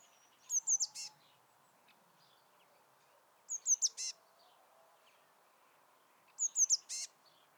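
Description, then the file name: Eurasian blue tit call, three high thin sliding notes then a harsh buzzy note, repeated three times roughly every three seconds over faint low background hum. "Cyanistes caeruleus"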